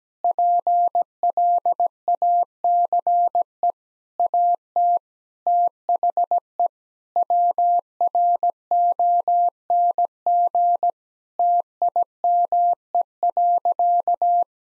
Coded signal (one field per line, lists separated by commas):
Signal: Morse code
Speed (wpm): 17 wpm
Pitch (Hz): 700 Hz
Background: none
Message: PLACE AT THE WRONG TIME.